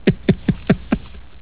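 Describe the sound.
Gerbil thumping: five short, dull percussive beats in quick succession, about one every fifth of a second, then quiet.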